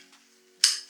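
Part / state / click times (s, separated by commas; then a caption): strap buckle on a camera bag's tripod holder / seated / 0.6 s. A tripod or monopod sits in the holder on the side of a camera bag, and its plastic strap buckle is closed. A sharp, bright click is heard at 0.6 s as the buckle locks, and it is now locked so the tripod stays put and won't fall.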